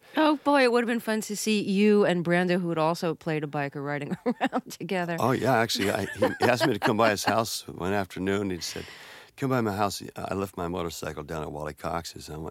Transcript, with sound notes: Oh, boy. It would've been fun to see you and Brando, who had also played a biker, riding around together.
Oh, yeah. Actually, I...
(Laughter).
He asked me to come by his house one afternoon. He said, come by my house. I left my motorcycle down at Wally Cox's,